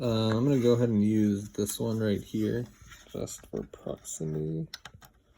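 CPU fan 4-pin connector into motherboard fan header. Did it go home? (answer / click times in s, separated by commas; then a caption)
no / none. Someone talks while handling a CPU fan's 4-pin plastic connector next to the nearby fan header on the motherboard, picked because it is closest. Faint, sharp handling ticks come near the end, around 5.1 s and 5.4 s. The connector has not snapped into the header yet; nothing has seated.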